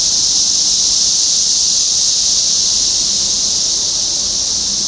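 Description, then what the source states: Cicadas producing a loud, uniform buzzing wall of sound, high and hissy, with no gaps throughout. Several cicadas recorded in Topeka, Kansas, on 14 June 2015.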